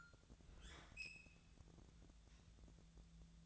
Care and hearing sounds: daily activity, microphone in the room; open fridge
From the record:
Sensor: 3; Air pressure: 1000.0 hPa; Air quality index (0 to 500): 133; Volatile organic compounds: 2 ppm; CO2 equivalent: 1183 ppm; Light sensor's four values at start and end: 39/101/43/47 and 39/101/42/47

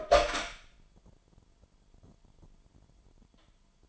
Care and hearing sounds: daily activity, microphone in the room; open door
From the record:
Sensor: 5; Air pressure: 998.6 hPa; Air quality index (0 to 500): 81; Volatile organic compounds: 1 ppm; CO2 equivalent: 922 ppm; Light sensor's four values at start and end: 34/82/34/37 and 34/83/34/38

